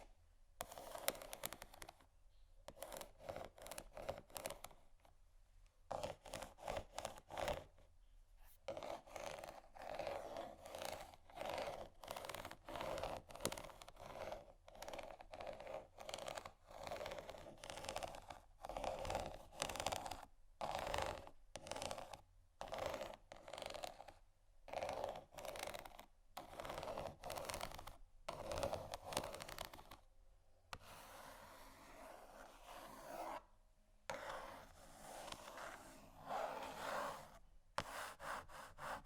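Fingernails scratch and tap on canisters in a dense, raspy stream broken by short pauses every few seconds, with sharp clicks scattered throughout. Around thirty seconds the scraping turns softer and smoother for a moment. A low, steady hum runs underneath.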